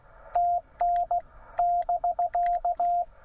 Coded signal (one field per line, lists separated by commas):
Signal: Morse code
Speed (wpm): 18 wpm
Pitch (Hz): 690 Hz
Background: radio noise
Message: TN <BK>